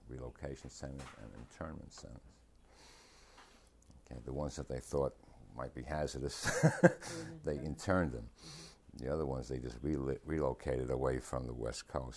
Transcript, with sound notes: Relocation centers and internment centers. And the ones that they thought might be hazardous,, (laughs) they interned them. The other ones they just reli--relocated away from the West Coast.